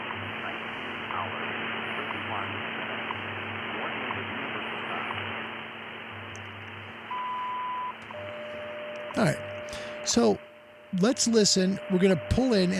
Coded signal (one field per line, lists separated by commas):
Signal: radio time signal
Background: speech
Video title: #HamRadio Live! Show 296. Conelrad, A Look Back. Yaesu 5000 QSO & Receiver High & Low Pass Filtering